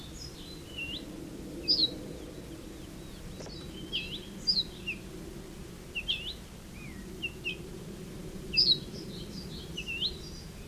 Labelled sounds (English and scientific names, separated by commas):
Ortolan Bunting (Emberiza hortulana)